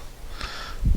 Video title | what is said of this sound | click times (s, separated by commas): Ikea Pax Wardrobe Build, Install & Review | there you go all locked in place | 0.4 s